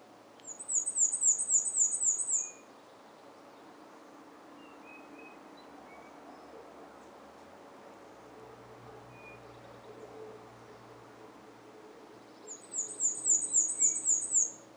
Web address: YN Chu. 2023 08 26 black and white warbler